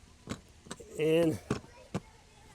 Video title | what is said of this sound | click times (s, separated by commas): Why People Are Switching to This Velotric Model | down on it, and it's locked into place already. | 0.3 s, 0.7 s